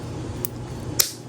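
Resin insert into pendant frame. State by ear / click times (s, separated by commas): seated / 1.0 s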